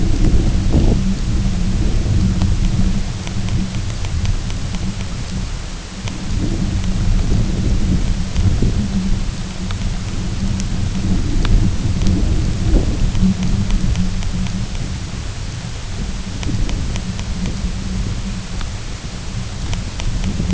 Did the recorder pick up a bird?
no